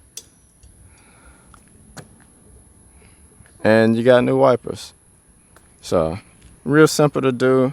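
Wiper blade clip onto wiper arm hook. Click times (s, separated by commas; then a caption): 0.2 s. A new windshield wiper blade is pushed onto the wiper arm hook until its plastic clip clicks into place. A sharp click is heard at 0.2 s, showing that the second blade has seated on the arm. A few faint taps follow, and then someone talks.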